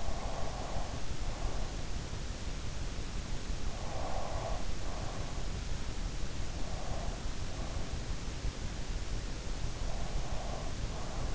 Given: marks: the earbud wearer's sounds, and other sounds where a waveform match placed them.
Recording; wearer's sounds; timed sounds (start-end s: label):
sounds in sleep by an in-ear microphone; breath
0.00-2.12 s: breath
3.68-5.66 s: breath
6.65-8.23 s: breath
9.82-11.35 s: breath